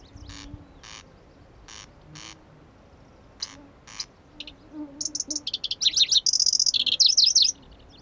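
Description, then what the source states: Pallas's grasshopper warbler: spaced dry ticking notes lead into a fast, loud phrase of buzzy trills and repeated rising-falling whistles. Recorded at Kuda on 25 June 2012.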